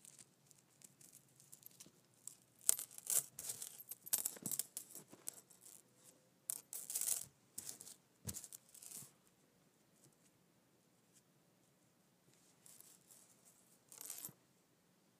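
A metal chain clinks and rattles in bright, irregular bursts, busiest between three and nine seconds, then quieter with a brief jingle near fourteen.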